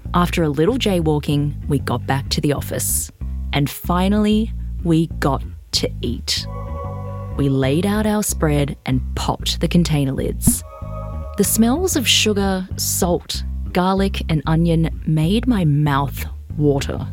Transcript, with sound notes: After a little jaywalking, we got back to the office. And finally, we got to eat. (shimmering sound) We laid out our spread and popped the container lids. (sound of bottle popping open) The smells of sugar, salt, garlic and onion made my mouth water